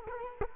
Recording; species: mosquito wingbeat signal from an infrared sensor; Culex quinquefasciatus